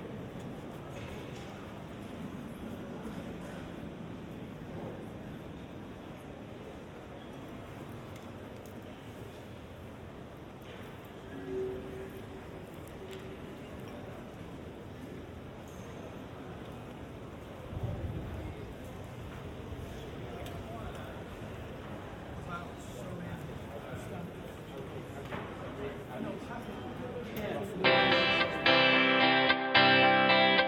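A steady murmur of indoor activity in the British Library, with faint voices and soft footsteps running underneath. A brief tone rises around eleven seconds and a dull thump lands near eighteen. From about twenty-seven seconds a louder, bright, rapidly repeating pattern of tones takes over.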